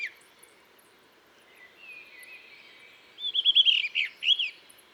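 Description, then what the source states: Blue rock thrush singing: a faint drawn-out whistle, then a loud fluty phrase of quick looping notes. In a cliff at Dentelles de Montmirail, 12 March 2020, 7:25; sings all morning to mark territory, changing perches; Nagra Seven, Telinga Pro7.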